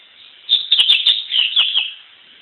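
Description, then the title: Double-collared seedeater singing a quick phrase of bright chirped notes, fading out at the end. "Canto Coleiro"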